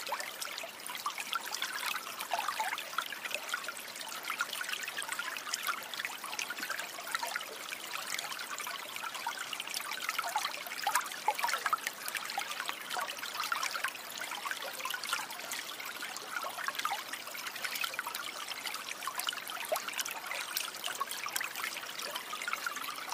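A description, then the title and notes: A creek runs steadily for the whole stretch, a dense, even trickle and splash of water over stones. The sound is bright, with fine rapid droplets and little low rumble, and no other sounds stand out. Creek Sounds.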